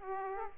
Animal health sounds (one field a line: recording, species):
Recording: mosquito wingbeat signal from an infrared sensor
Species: Aedes aegypti